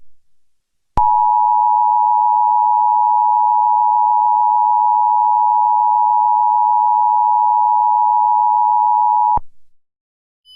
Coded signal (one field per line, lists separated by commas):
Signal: Emergency Alert System (SAME) tones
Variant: 853 and 960 Hz attention tone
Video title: EAS Mock - Minnesota Misery (Part 1)